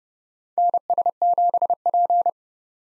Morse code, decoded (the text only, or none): NS7P